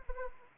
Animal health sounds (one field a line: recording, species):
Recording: mosquito wingbeat signal from an infrared sensor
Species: Anopheles arabiensis